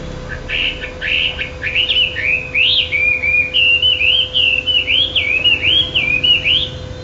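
Chinese hwamei singing a sustained stream of clear wavering whistled notes that rise and fall in quick loops, with a faint hum beneath.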